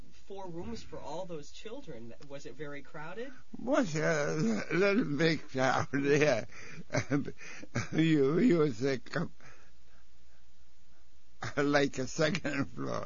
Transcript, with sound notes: four rooms for all those children, was it very crowded?
Was a little bit crowded, yeah. (laughs) You use like a second floor.